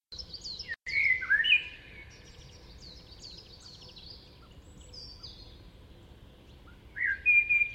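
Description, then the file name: Eurasian blackbird song: a fluty warbled phrase near the start, soft high twitters after it, and another mellow phrase near the end. "Turdus merula"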